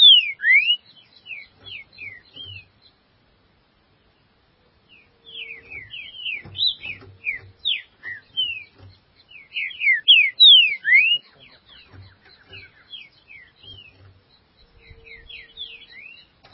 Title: Trinca Ferro